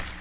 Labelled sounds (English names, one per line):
Magnolia Warbler flight call